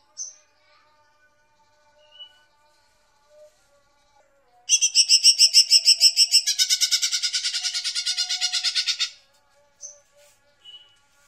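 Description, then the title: Bird with a few soft chirps, then a loud rapid pulsing trill of about four seconds that fades, followed by more faint scattered chirps. "SuaraBurung Kicau"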